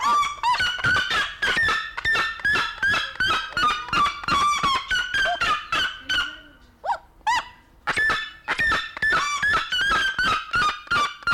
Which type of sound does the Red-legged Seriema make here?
call